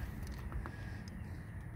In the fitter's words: click him in there nice little quick click